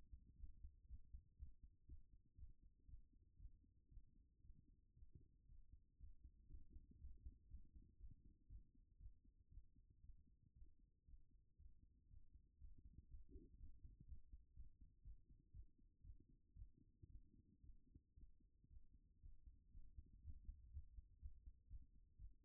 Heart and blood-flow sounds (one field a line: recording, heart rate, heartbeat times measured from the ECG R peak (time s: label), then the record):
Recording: heart sounds by stethoscope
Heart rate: 117 bpm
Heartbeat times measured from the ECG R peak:
0.36 s: heartbeat
0.86 s: heartbeat
1.36 s: heartbeat
1.85 s: heartbeat
2.35 s: heartbeat
2.85 s: heartbeat
3.36 s: heartbeat
3.88 s: heartbeat
4.41 s: heartbeat
4.93 s: heartbeat
5.45 s: heartbeat
5.97 s: heartbeat
6.48 s: heartbeat
6.98 s: heartbeat
7.47 s: heartbeat
7.97 s: heartbeat
8.47 s: heartbeat
8.97 s: heartbeat
9.49 s: heartbeat
10.00 s: heartbeat
10.52 s: heartbeat
11.04 s: heartbeat
11.56 s: heartbeat
12.07 s: heartbeat
12.58 s: heartbeat
13.07 s: heartbeat
13.56 s: heartbeat
14.05 s: heartbeat
14.53 s: heartbeat
15.02 s: heartbeat
15.51 s: heartbeat
16.01 s: heartbeat
16.53 s: heartbeat
17.06 s: heartbeat
17.60 s: heartbeat
18.14 s: heartbeat
18.67 s: heartbeat
19.19 s: heartbeat
19.71 s: heartbeat
20.21 s: heartbeat
20.70 s: heartbeat
21.19 s: heartbeat
21.67 s: heartbeat
22.16 s: heartbeat
From the record:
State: after exercise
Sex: female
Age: 25 years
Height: 169 cm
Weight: 64 kg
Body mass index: 22.41